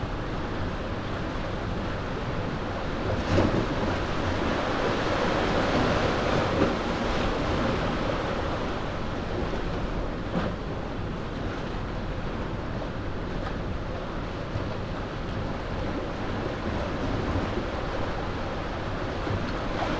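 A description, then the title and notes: At the mouth of a sea cave, a dense, steady roar of surf rumbles low and constant, with faint brief splashes around three and ten seconds. At the mouth of a sea cave. On Portland Bill. Dorset.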